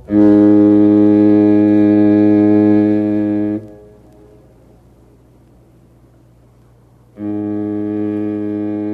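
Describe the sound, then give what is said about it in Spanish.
A ship's horn sounds two loud, deep, steady blasts, a long one and then a shorter one, separated by a few seconds of low rumbling hum. No voices are heard. “Sonaba la sirena de un barco.”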